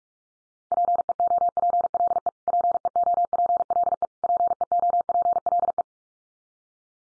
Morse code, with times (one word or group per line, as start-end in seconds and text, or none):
0.7-2.3 PEOPLE
2.5-4.1 PEOPLE
4.2-5.8 PEOPLE